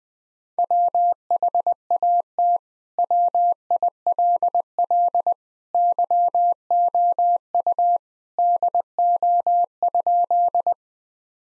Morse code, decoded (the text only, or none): WHAT WILL YOU DO?